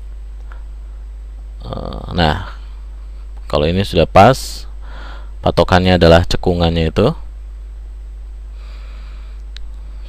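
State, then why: Seated. A memory module, with its notch lined up to the slot key, is pressed down into a motherboard DIMM slot while someone talks. A sharp click at 9.6 s marks the slot clips locking the module in place, fully seated.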